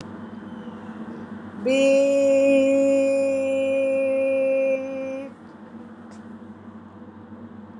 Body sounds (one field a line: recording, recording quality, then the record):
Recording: sustained vowel as in beet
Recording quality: excellent, no background noise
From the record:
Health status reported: COVID-19 positive, mild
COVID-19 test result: positive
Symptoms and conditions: loss of smell and taste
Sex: female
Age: 55 years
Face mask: not worn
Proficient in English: yes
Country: India